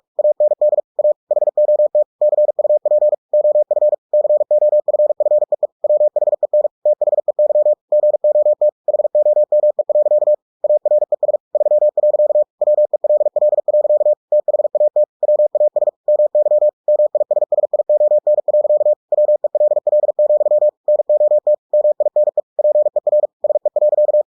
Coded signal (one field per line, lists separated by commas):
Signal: Morse code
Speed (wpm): 46 wpm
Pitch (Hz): 600 Hz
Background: none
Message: AND A HOT CUP OF COFFEE WHEN THEY GOT HOME. ARES 3. WELL. THAT WAS MY MISSION. WELL, NOT MINE PER SE.